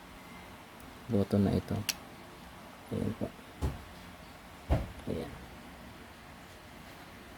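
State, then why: Seated. Someone talks while pressing the lock button on a rubber stamp design press. A short, sharp click sounds at 4.7 s, and the button locks the press in place.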